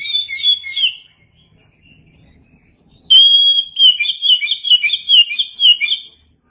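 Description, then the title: Oriental magpie-robin song: a short chirpy phrase, a pause, then a long clear whistle running into a quick series of rolling, repeated notes. "Suara Kicauan Burung Kacer"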